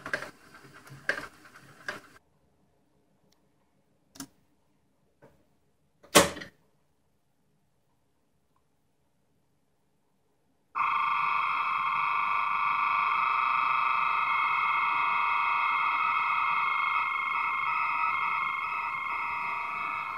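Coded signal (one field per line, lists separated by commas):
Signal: computer data on cassette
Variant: AFSK, 250 baud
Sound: mechanical clicks and clunks, silence, then a continuous warbling data tone with hiss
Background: tape machine clicks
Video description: A 617 byte 8-bit ASCII file is recorded and retrieved from an old audio reel to reel tape using AFSK modulation with a 1250 Hz carrier and 250 bits per second speed.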